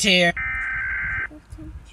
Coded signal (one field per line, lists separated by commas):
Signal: Emergency Alert System (SAME) tones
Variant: header bursts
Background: speech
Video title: Rating eas alarms part 2!